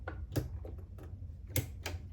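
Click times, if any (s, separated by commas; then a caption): 0.1 s. A buttonhole presser foot is fitted onto a sewing machine's metal presser bar holder, and it clicks into place at 0.1 s, seated and confirmed good. Further sharp ticks follow at about 0.4, 0.7, 1.0, 1.6 and 1.9 s, with the loudest at 1.6 s.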